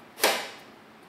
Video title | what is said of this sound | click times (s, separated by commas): SubmarineWorks Ohio RC Submarine Build - Chapter 2 | matches to a hole in the bulkhead in the top and snaps in place so this is all locked down now | 0.2 s